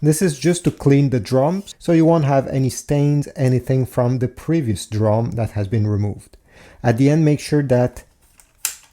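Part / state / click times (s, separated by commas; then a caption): corona wire cleaning tab into its home position on the drum unit / seated / 8.6 s. Someone talks while the green plastic corona-wire cleaning tab on the drum unit of a Brother MFC-L2710DW laser printer is slid back and forth three times to clean the drum. The tab is returned to its home position on the left side, and a sharp click at 8.7 s shows it seated in place.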